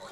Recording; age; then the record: pig call; piglet (1 to 25 days)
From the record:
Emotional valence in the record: negative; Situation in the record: short isolation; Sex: male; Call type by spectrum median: low-frequency call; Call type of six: low-frequency tonal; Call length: 0.12 s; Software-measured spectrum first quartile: 681 Hz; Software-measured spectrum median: 1269 Hz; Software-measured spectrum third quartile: 3233 Hz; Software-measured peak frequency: 568 Hz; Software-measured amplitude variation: 45 dB a second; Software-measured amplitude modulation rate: 12.8 a second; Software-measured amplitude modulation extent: 3.5 dB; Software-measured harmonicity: 1.2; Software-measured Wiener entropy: -1.91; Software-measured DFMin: 1113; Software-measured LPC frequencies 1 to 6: 680, 1261, 3390, 3952, 5460, 6252 Hz